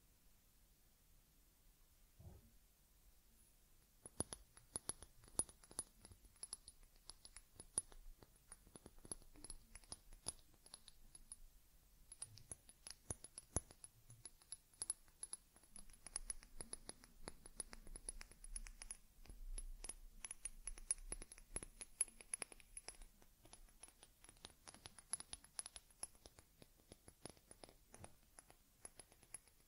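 A teddy bear gets a head massage and fur combing: after about four seconds of near silence, dense, rapid scratchy brushing and tapping clicks begin and continue to the end. A faint high whine runs above the activity, with occasional soft low thumps.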